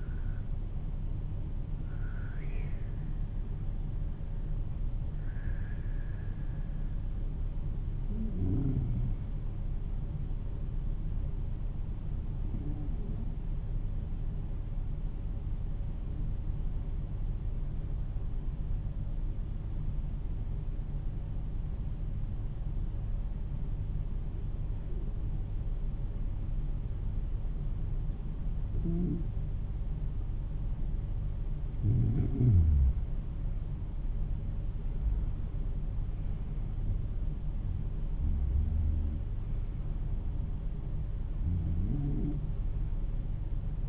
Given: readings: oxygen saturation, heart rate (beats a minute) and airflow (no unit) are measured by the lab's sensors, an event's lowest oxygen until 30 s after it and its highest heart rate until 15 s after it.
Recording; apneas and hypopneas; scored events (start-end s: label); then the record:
breathing in sleep by a smartphone at the bedside; 1
13.00-43.89 s: new sleep stage, N2 (light sleep)
18.00-36.50 s: hypopnea (N2, oxygen 95% highest, then 91% lowest, heart rate 50 at the start, 55 highest)
From the record:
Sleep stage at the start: N1 (lightest sleep); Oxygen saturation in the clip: 93 to 96%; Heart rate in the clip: 48 to 55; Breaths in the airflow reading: 9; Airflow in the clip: -14.3 to 13.5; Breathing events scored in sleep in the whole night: 388 in 6.5 hours asleep